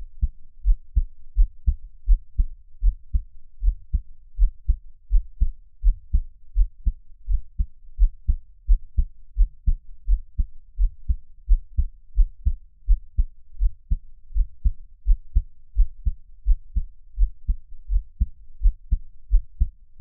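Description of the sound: Steady, soft low thumps at about 85 beats a minute: an adult's own heartbeat heard up close, with no talking, best heard through headphones.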